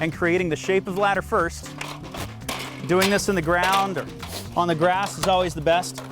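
A Little Giant Xtreme ladder with ratchets is handled by pushing in its palm buttons and folding it into the extension-ladder shape, working the hinge lock in the ladder's side rail, on the ground or grass. Someone talks throughout, with a brief sharp handling knock near 2.5 s. The hinge has not seated or clicked yet when the clip ends.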